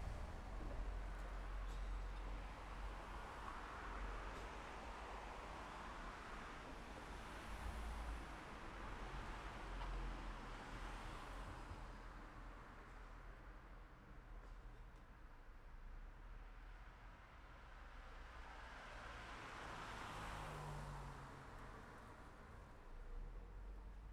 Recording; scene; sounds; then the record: everyday scene through a hearing-aid microphone; in traffic; traffic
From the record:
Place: city secondary road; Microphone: behind the ear, left, rear